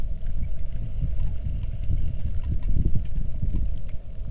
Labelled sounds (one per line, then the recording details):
wind
water
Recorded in the Arctic National Wildlife Refuge, Alaska, on 3 August 2019 at 09:28
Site 46